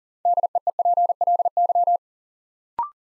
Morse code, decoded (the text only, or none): DEEPLY